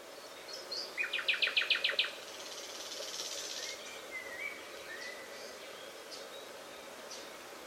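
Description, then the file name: Common nightingale song: a fast burst of about eight loud repeated notes, then a soft buzzy phrase and a thin whistle. "Luscinia megarhynchos"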